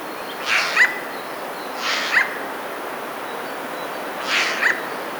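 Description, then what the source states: Eurasian jay hoarse screeching alarm calls, three rasping bursts at uneven intervals, each ending in a brief sharp note. Three jays giving alarm calls, recorded in May 2017.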